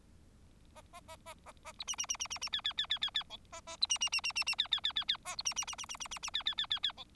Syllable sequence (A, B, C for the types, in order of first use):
A A A A A A B C C C C C C D D D D D D E A A B C C C C C C D D D D D A B C C C C C C C C D D D D D E